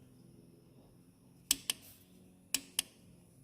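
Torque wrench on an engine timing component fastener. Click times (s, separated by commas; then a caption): 1.5 s, 2.6 s. During a timing belt job on a Mini with a DV6 engine, a torque wrench tightens a fastener on an engine timing component against a quiet background. It gives two sharp double clicks, the main clicks at 1.5 s and 2.6 s, each followed by a softer click about 0.2 s later. The wrench clicks at its setting, and the torque is confirmed good.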